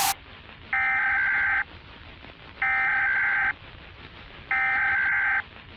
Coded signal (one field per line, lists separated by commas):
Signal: Emergency Alert System (SAME) tones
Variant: header bursts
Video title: EAS Scenario | Zombie Virus Outbreak | Analog Horror